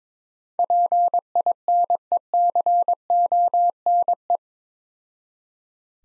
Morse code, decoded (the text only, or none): PINECONE